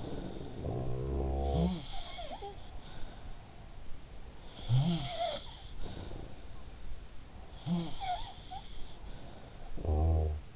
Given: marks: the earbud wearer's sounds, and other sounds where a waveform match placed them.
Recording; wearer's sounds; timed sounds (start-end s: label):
sounds in sleep by an in-ear microphone; snoring breath
0.00-1.80 s: snoring breath
0.96-2.95 s: sound from someone else or the room
3.84-6.15 s: sound from someone else or the room
9.16-10.56 s: snoring breath